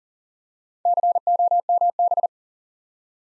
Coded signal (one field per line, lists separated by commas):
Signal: Morse code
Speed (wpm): 38 wpm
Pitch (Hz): 700 Hz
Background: none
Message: COMB